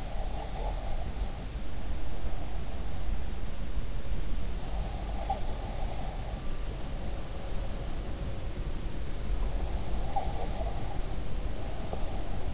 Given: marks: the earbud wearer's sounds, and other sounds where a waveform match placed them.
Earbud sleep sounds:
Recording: sounds in sleep by an in-ear microphone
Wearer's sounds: breath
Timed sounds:
0.00-2.61 s: breath
4.98-7.57 s: breath
9.87-12.54 s: breath

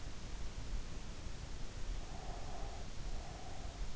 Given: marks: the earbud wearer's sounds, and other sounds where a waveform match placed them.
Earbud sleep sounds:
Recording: sounds in sleep by an in-ear microphone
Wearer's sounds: breath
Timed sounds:
2.10-3.87 s: breath

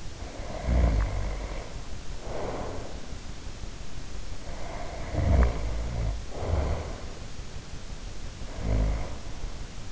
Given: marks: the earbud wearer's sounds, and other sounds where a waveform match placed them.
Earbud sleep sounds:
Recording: sounds in sleep by an in-ear microphone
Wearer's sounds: snoring breath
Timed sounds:
0.00-3.28 s: snoring breath
4.16-7.28 s: snoring breath
8.35-9.16 s: snoring breath

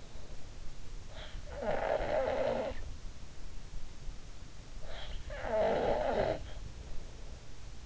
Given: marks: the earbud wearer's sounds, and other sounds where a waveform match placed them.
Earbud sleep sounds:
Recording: sounds in sleep by an in-ear microphone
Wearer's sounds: snoring breath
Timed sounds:
1.34-2.81 s: snoring breath
4.82-7.32 s: snoring breath

